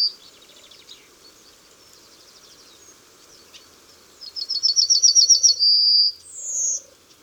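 Yellowhammer song: after quiet faint chirps, a fast string of high repeated notes leads into a long held note and a final higher note.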